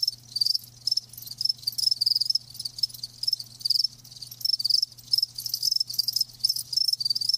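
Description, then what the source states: Crickets give high, rapid chirps in regular bursts, with a faint low hum underneath. Live crickets chirping with a lulling song.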